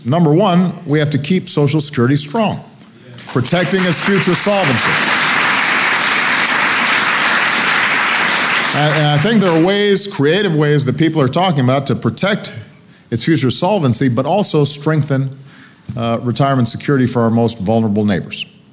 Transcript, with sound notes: Number one, we have to keep Social Security strong, protecting its future solvency. (Applause.) And I think there are ways, creative ways that people are talking about to protect its future solvency, but also strengthen retirement security for our most vulnerable neighbors.